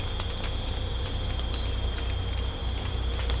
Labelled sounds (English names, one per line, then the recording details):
none
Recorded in secondary vegetation near Puerto Asís, Putumayo, Colombia, on 18 December 2024 at 01:30
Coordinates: 0.502, -76.326
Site G028